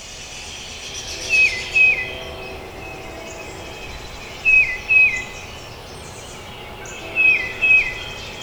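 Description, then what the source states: Tufted titmouse repeating a two-note falling whistle three times, about three seconds apart. Recorded at Trempealeau on 12 May 2018.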